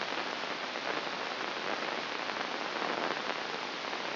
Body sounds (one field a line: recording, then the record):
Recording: brain microelectrode recording played as sound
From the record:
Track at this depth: inside the subthalamic nucleus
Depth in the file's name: 2.433 mm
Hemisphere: left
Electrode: 2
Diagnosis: Parkinson's disease